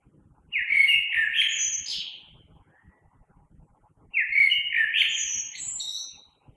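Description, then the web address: Common blackbird delivering two flowing, whistled phrases that finish in high squeaky flourishes, with roughly a second and a half of silence between them. Recorded 3 March 2020. "oiseaux Merle 2020 03 03"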